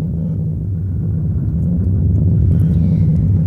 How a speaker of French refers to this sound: Ah, mon Dieu, quelle tempête!